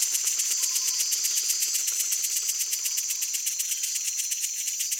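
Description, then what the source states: Cicada song, a loud, harsh, high-pitched buzz throbbing evenly about four times per second throughout. Amazonia.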